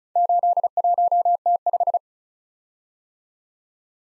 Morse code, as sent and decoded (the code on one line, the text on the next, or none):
---.. .---- - .....
81T5